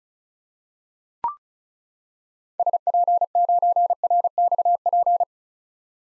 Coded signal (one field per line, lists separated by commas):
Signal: Morse code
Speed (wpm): 36 wpm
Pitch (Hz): 700 Hz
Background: none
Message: SP9RXP